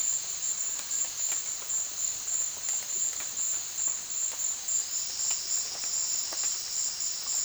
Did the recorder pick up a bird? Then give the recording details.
no. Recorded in dense forest near Puerto Asís, Putumayo, Colombia, on 18 February 2024 at 14:00. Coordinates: 0.496, -76.326. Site G6383